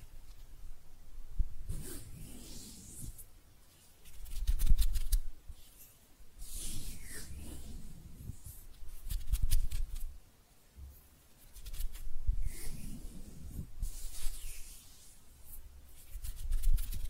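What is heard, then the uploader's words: Hands rub and scratch in repeated bursts every couple of seconds, each one a soft low rumble with a dry, bright hiss on top. Quick sharp clicks and taps break in around the fourth and fifth seconds and again later. Brief quiet gaps separate the strokes. ASMR Relaxing Hand Sounds (No Talking).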